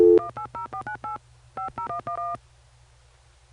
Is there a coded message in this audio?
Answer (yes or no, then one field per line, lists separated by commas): yes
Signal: DTMF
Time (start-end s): 0.2-2.4 s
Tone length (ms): 120 ms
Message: 180498 5011